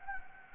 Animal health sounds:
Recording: mosquito wingbeat signal from an infrared sensor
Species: Anopheles gambiae

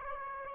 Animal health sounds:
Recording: mosquito wingbeat signal from an infrared sensor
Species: Aedes aegypti

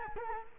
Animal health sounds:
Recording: mosquito wingbeat signal from an infrared sensor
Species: Culex quinquefasciatus

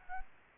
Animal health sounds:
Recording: mosquito wingbeat signal from an infrared sensor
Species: Anopheles gambiae

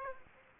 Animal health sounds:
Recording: mosquito wingbeat signal from an infrared sensor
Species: Aedes aegypti

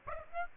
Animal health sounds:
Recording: mosquito wingbeat signal from an infrared sensor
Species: Aedes aegypti

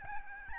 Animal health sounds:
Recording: mosquito wingbeat signal from an infrared sensor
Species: Aedes albopictus

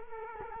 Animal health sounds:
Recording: mosquito wingbeat signal from an infrared sensor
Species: Culex quinquefasciatus

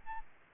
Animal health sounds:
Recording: mosquito wingbeat signal from an infrared sensor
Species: Aedes albopictus

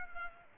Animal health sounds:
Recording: mosquito wingbeat signal from an infrared sensor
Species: Culex pipiens

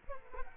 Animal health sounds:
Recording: mosquito wingbeat signal from an infrared sensor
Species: Culex quinquefasciatus

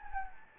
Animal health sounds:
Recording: mosquito wingbeat signal from an infrared sensor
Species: Anopheles gambiae

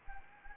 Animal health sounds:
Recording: mosquito wingbeat signal from an infrared sensor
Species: Anopheles gambiae

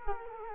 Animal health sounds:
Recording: mosquito wingbeat signal from an infrared sensor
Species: Culex quinquefasciatus

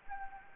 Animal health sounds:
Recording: mosquito wingbeat signal from an infrared sensor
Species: Anopheles gambiae

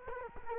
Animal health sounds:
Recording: mosquito wingbeat signal from an infrared sensor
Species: Culex quinquefasciatus

